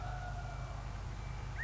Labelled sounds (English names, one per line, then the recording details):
California Quail
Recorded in Sonoma County, California